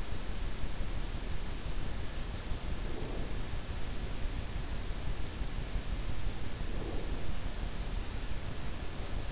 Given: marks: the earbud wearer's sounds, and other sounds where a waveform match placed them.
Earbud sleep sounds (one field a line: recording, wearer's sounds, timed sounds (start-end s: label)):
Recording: sounds in sleep by an in-ear microphone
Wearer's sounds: breath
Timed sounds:
2.71-3.49 s: breath
6.69-7.17 s: breath